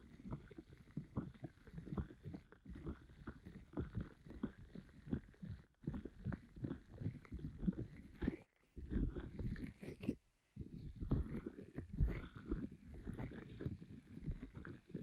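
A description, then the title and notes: An ear massage with a pineapple: dense, low rubbing and scraping with quick crackly textures that come in uneven bursts. The handling runs almost continuously, broken by short silent gaps near 6, 8.5 and 10 seconds before it resumes. Ear Massage with Pineapple (No Talking).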